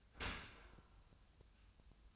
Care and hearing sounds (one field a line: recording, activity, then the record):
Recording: daily activity, microphone in the room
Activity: open dishwasher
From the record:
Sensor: 2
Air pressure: 1004.5 hPa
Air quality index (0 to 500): 111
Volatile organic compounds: 3 ppm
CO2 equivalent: 1343 ppm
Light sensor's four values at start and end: 6/15/6/6 and 6/15/6/6